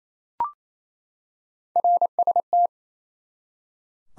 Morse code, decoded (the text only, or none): RST